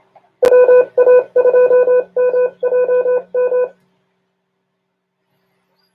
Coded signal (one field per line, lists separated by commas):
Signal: Morse code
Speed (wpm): 26 wpm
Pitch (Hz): 500 Hz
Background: none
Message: WA2MJM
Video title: OMARC Science & Technology #14 - Radio Series #2